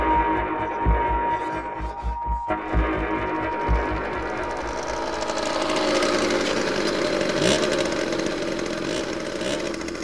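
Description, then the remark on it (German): A moped engine runs with a low, rapid putt-putt throb, then revs up into a steadier, louder, raspy buzz that holds to the end. No one speaks. “Na, ihr beiden, seid ihr mit dem Mofa-Fahren fertig?”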